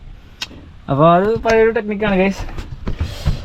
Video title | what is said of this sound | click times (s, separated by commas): Mahindra jeep എടുത്തു ഗെഡികൾ 🔥🔥👌🏻 | മേലേക്ക് ആക്കിയിട്ട് ഒന്നും കൂടി പ്രസ്സ് മേലേക്ക് ചെയ്താൽ ലോക്ക് തുറന്നു അപ്പൊ | 0.4 s